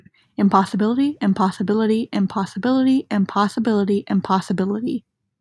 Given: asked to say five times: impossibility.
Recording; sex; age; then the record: repeated word; female; 20 to 29 years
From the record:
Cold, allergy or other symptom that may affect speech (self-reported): no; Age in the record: 21 years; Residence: Illinois, United States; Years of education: 15